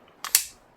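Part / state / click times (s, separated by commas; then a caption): pistol magazine into the magazine well of a 1911 pistol / seated / 0.3 s. A loaded magazine is pushed up into the magazine well of a Smith and Wesson 1911PD Crimson Trace 1911 pistol until the catch engages. A short sharp contact sound at about 0.2 s is followed by a louder, bright metallic click at 0.4 s that fades quickly. The magazine is seated, clicked into position.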